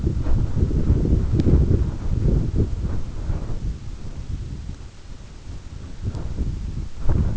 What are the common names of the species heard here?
none